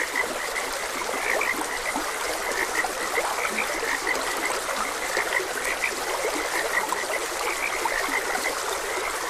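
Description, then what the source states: Frogs give short croaking notes, clustered and repeated, against an even wash of trickling water. Frogs croaking beside a gentle stream.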